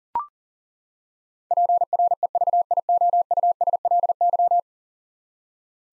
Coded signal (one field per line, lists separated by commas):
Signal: Morse code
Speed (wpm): 40 wpm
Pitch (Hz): 700 Hz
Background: none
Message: PREVIOUSLY